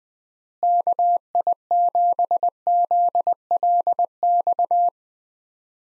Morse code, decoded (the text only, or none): KI7ZLX